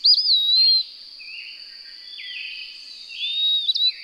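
Bird song: a bright whistled phrase with a quick rise and drawn-out fall, quieter lower notes, then another phrase near the end; a continuous high whine persists.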